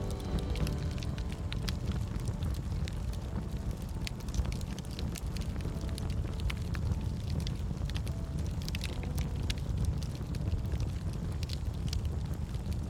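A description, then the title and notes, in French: A campfire burns with a steady low roar and dense, irregular crackles and snaps throughout, faint soft music sustaining tones underneath. Son d'un FEU DE CAMP et de la MUSIQUE Douce en Arrière-Plan. Le son apaisant d'un feu de camp crépitant et d'une musique de fond douce.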